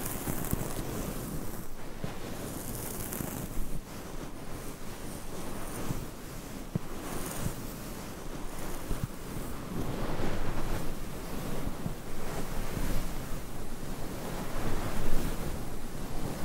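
Mic scratching runs without pause, a dense, rough rasp made of rapid, uneven strokes that blur into a rushing, surf-like hiss. It eases slightly around four to seven seconds, then grows fuller and louder, peaking near fifteen seconds.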